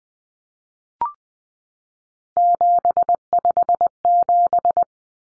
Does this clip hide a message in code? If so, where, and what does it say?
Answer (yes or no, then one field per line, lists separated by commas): yes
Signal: Morse code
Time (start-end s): 2.4-4.8 s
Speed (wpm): 20 wpm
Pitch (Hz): 700 Hz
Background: none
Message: 757